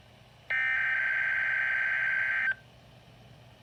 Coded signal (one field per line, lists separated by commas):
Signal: Emergency Alert System (SAME) tones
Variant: header bursts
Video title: NOAA EAS REQUIRED WEEKLY TEST 1/27/21